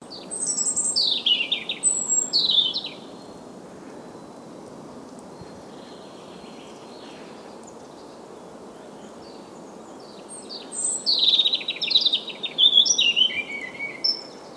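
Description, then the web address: Bird calls: bursts of high, sharp chirps and descending whistles in the first three seconds, a quiet gap, then more rapid chirping from about ten seconds on. "ptaki glosy"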